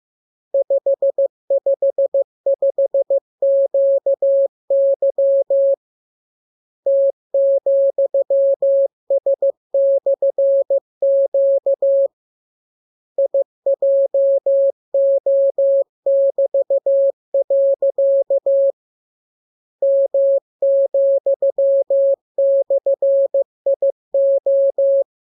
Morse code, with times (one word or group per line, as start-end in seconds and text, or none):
0.5-5.7 555QY
6.9-12.1 T,S/Q
13.2-18.7 IJO<BT>.
19.8-25.0 M,/IO